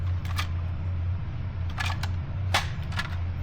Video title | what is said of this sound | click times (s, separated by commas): How To Replace The Two Piece Water Ridge Flush Valve Canister | Just press down, make sure both sides snap into place, and | 2.6 s